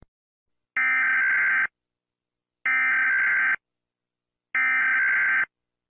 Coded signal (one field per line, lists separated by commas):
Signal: Emergency Alert System (SAME) tones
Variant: header bursts